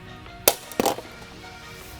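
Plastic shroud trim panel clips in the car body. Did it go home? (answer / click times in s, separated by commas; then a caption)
released / 0.5 s, 0.8 s. A plastic trim tool is wedged between the car bodywork and a plastic shroud trim panel and pried up to release its plastic clips. A sharp snap sounds at 0.5 s, then a second pop at 0.8 s, with a short crackle just after. The clips pop free and the panel comes loose.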